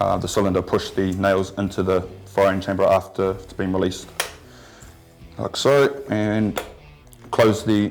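Someone talks over the magazine gate area of a pneumatic roll cap nailer that has just been loaded with fasteners, with handling sounds as the tool is worked before the gate is closed. The clip ends before the magazine gate latch goes home, so nothing has seated or clicked yet.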